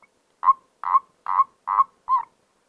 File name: Erdkröte